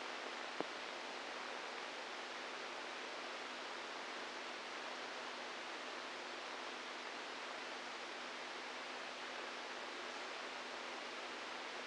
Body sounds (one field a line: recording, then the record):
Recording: brain microelectrode recording played as sound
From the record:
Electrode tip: outside the subthalamic nucleus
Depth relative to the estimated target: 2 mm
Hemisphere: right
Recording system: NeuroSet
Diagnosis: Parkinson's disease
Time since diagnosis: 8 years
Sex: male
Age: 46 years